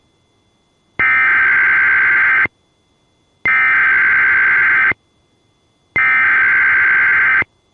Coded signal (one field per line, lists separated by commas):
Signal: Emergency Alert System (SAME) tones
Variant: header bursts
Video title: Another Texas Amber Alert (EAS #759)